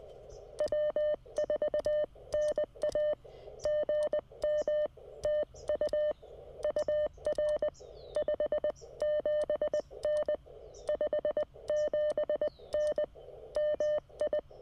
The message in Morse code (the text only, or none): W4NA GM TU UR 57N 57N MI